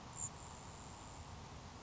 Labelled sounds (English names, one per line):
Grasshopper Sparrow